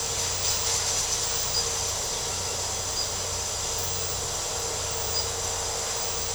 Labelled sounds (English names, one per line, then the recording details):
none
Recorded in secondary vegetation near Puerto Asís, Putumayo, Colombia, on 13 March 2025 at 01:30
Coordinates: 0.468, -76.324
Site G059